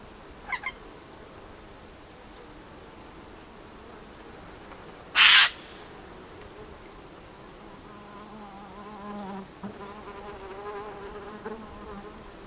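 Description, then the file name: Eurasian jay giving a loud, harsh, rasping screech midway, with a fainter call near the start. An insect-like buzzing runs through the second half. "Garrulus glandarius"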